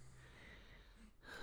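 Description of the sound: A short, low, rumbling noisy breath sound, like a single soft snort, fades into quiet room noise. It is a newborn baby boy's light snore as he sleeps held in an adult's arms in a studio, with no words or crying.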